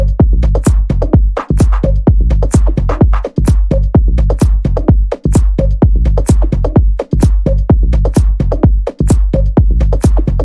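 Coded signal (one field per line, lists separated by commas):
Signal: none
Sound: electronic music beats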